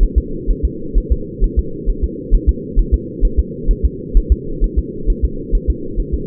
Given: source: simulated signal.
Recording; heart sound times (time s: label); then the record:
fetal heart sounds
0.03 s: S1
0.18 s: S2
0.51 s: S1
0.65 s: S2
0.98 s: S1
1.12 s: S2
1.44 s: S1
1.59 s: S2
1.90 s: S1
2.04 s: S2
2.35 s: S1
2.49 s: S2
2.79 s: S1
2.94 s: S2
3.25 s: S1
3.39 s: S2
3.71 s: S1
3.85 s: S2
4.17 s: S1
4.32 s: S2
4.64 s: S1
4.79 s: S2
5.10 s: S1
5.25 s: S2
5.55 s: S1
5.70 s: S2
6.00 s: S1
6.14 s: S2
From the record:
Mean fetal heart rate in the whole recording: 130 bpm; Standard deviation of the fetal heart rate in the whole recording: 4 bpm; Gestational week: 38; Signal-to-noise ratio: -4.3 dB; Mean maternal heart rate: 72 bpm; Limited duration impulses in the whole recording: absent